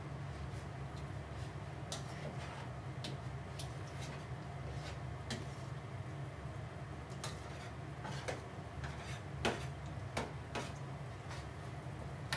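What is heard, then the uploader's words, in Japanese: Cooking sounds: a steady low hum runs underneath throughout, while short sharp clinks and taps of utensils and dishes land every second or so. The knocks are irregular, with a brighter cluster around the ninth and tenth seconds. 料理の音。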